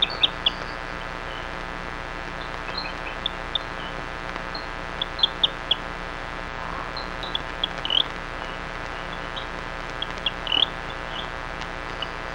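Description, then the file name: Rio Grande chirping frog calling with brief high chirps, often in pairs or small clusters, repeated irregularly over a continuous low droning hum. "Rio Grande Chirping Frog Syrrhophus"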